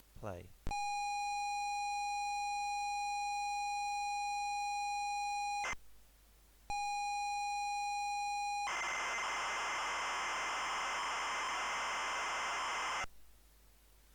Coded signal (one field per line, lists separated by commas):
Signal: ZX Spectrum tape loading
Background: speech